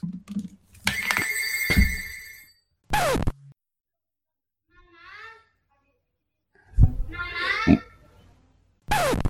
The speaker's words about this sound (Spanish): Anda, mira, te llama. Me llaman por teléfono. ¿Me puede esperar un instante?